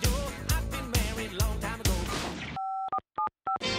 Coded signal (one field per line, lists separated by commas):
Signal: DTMF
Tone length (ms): 110 ms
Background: music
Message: 5475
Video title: MTS Ring Back Tone